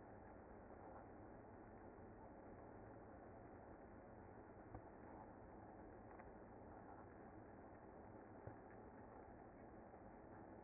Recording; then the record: honeybee colony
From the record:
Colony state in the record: active